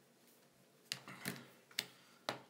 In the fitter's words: it snaps i don't know if let's see if you can see that again